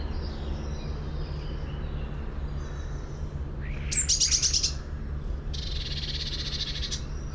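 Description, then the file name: Eurasian blue tit giving high, buzzy, rapidly pulsed calls in two bursts, the second lasting over a second, above a steady low rumble. "Cyanistes caeruleus"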